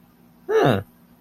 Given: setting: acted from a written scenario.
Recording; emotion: vocal sound without words; interest